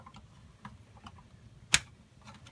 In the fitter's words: so going and slide it back into place and you should hear it click it's going to it's going to need to click on both sides